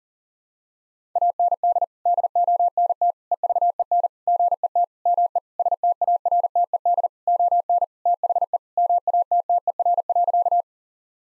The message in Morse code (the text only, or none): AND DONT EVEN GET ME STARTED ON THE MATTER.